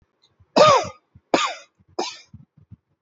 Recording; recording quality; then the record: shallow voluntary cough; excellent, no background noise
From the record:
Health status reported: respiratory illness, not identified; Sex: male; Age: 36 years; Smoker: yes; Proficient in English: yes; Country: India